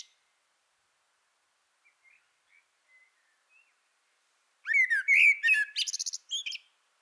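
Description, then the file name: Common blackbird: a few faint soft notes, then a loud whistled phrase breaking into fast, buzzy high-pitched chatter. "Turdus merula"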